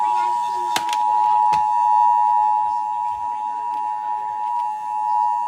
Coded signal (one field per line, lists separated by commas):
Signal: Emergency Alert System (SAME) tones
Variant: 853 and 960 Hz attention tone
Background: speech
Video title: I was under a severe thunderstorm warning?!